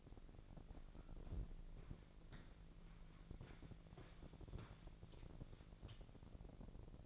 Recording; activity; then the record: daily activity, microphone in the room; walk to room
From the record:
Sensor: 5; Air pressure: 1012.4 hPa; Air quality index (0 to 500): 243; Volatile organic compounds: 4 ppm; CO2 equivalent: 1616 ppm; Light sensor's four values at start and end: 58/136/57/60 and 58/135/57/60